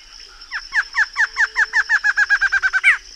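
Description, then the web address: Barred antshrike song, an accelerating run of about fifteen nasal notes ending in a rising emphatic final note, over a constant thin high-pitched drone. Recorded in the Pantanal. "sescpantanal. Choca barrada"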